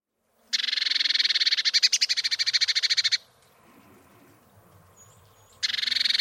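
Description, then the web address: Eurasian blue tit giving a long scolding churr of fast, even buzzy pulses for over two seconds, a quiet gap with a faint thin whistle, then another churr starts. "cianscape birddata Deverinetal 2025 File origin Bird Only Cy Ca"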